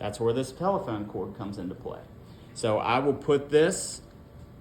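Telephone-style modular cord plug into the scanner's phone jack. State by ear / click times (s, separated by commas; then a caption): not seated / none. Someone talks while handling a telephone-style cord with a modular plug, about to push it into the phone jack on a Boston Scientific laser micromanipulator scanner. No click is heard; the plug has not seated yet.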